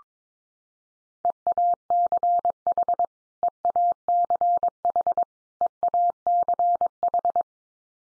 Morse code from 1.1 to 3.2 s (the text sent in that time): EACH